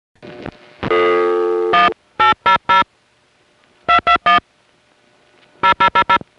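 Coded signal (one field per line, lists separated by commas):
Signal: DTMF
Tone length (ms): 100 ms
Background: music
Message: 1800 221 0000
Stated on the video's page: Recorded on the old telephone network at a #5 Crossbar exchange in Van Nuys.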